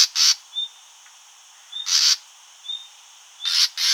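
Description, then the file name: Common nightingale alternating loud rasping bursts with brief thin whistled notes, the harsh calls coming in pairs and singles across a few seconds. "Luscinia megarhynchos"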